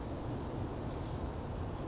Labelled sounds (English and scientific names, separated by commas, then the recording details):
Chestnut-backed Chickadee (Poecile rufescens)
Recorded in Sonoma County, California